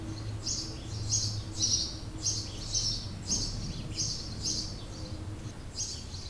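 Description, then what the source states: House sparrow chirping, short bright chirps repeated in an irregular series about every half second, over a low steady background rumble. Recorded in 2008.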